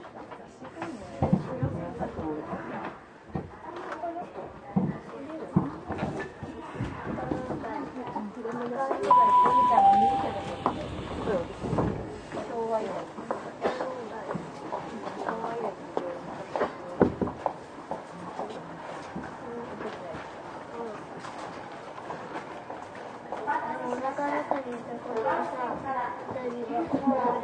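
Aboard a Tokyu 6000 series express train, voices talk over a steady low rumble, with sharp knocks and a brief chime near ten seconds.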